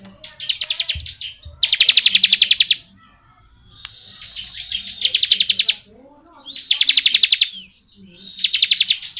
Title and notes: Ciblek Ngebren Untuk Masteran Murai Batu. Suara burung ciblek - Suara Nada